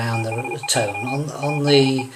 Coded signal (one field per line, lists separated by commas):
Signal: Morse code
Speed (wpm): 37 wpm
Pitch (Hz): 2450 Hz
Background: speech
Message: THEY ARE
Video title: Free Android Morse Code reader app - RX Beta 1.1